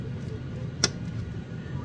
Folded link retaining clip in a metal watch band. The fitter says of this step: and once it pops you'll hear it pop and the thing come up like that